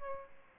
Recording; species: mosquito wingbeat signal from an infrared sensor; Aedes aegypti